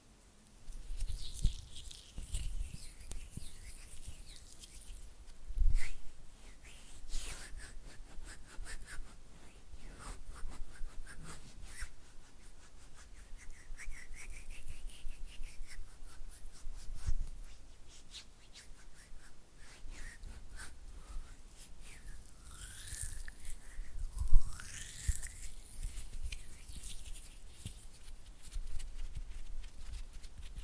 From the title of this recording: Oily Hand and Flutter Finger Sounds